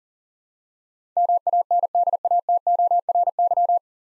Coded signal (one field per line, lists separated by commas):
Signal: Morse code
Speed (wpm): 37 wpm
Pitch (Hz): 700 Hz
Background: none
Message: MANDATORY